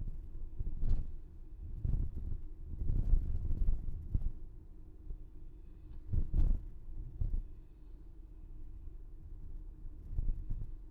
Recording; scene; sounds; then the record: everyday scene through a hearing-aid microphone; in a vehicle; engine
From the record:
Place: VW T5 Caravelle, diesel engine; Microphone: behind the ear, left, front